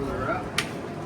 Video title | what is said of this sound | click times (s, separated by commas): Virtual Walkthrough of the 2026 Palomino Real-Lite HS-1806 Truck Camper at Parkland RV Center | Almost feels like it's going to break when it's locked into place. | 0.6 s